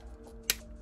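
A plastic button cap with small indentations is pushed into the front of the enclosure case and snaps into place with one sharp click at 0.5 s over a quiet background hum. The button is seated and no longer moves.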